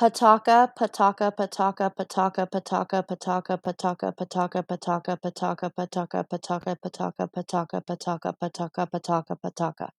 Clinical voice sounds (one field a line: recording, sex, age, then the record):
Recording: repeated syllables /pa ta ka/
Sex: female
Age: 30 to 39 years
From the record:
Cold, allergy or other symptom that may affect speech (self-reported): no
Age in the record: 39 years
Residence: United States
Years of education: 14